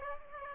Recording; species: mosquito wingbeat signal from an infrared sensor; Aedes aegypti